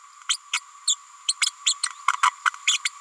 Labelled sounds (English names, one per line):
Green-rumped Parrotlet babbling